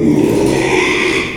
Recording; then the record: squeal of a Yucatan mini pig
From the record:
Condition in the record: after surgery on the right vocal fold (resection and tissue-engineered implant); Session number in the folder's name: 1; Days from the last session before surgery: 6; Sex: male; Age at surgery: 12 weeks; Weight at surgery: 13 kg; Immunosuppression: cyclosporine, prednisolone